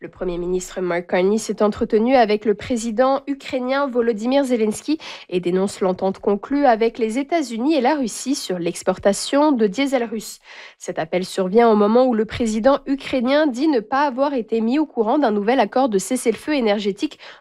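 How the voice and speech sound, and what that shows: A woman reads a French-language Radio-Canada Première radio news bulletin from Toronto in clear, fluent, evenly paced speech: typical adult speech.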